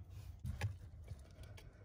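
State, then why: Not seated. Two plastic wiring harness connector clips of a RoarPedal throttle response controller are handled and pushed together at the accelerator pedal wiring of a Stinger. A low rumble runs underneath, with a few soft handling knocks and rustles around 0.5 and 0.65 seconds. Nothing has seated or clicked yet.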